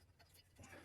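A plastic cover strip, used to hide wiring or LED lights, is handled at the slot of an aluminium extrusion. Soft handling noise and low rumble are heard. Nothing has seated or clicked yet.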